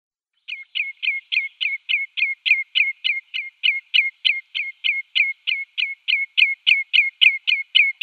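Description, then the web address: Common redshank display call: after a half-second of silence, a brisk, regular chain of loud, slurred whistled notes, roughly three or four each second. "Schulze Peter Common Redshank display"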